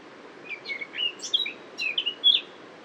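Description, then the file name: Eurasian blackcap song: a fainter, scratchy warbling phrase of varied chirps and whistles against steady low background noise. "Sylvia atricapilla"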